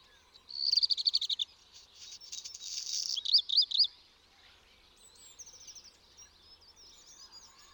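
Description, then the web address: Bird song with a fast high trill, a dense buzzy stretch and a few sharp rising whistles, followed by fainter scattered high chirps. "aves"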